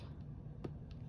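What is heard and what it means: A resin diamond-painting drill is pressed into a slash on the adhesive canvas, with short sharp clicks at 0.6 s and 0.9 s over a low steady hum. The drill seats with the click.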